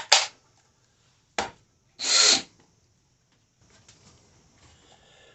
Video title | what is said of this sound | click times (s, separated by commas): How To Use A Drill | now you'll just simply take your toe slide from the back push till it clicks | 0.1 s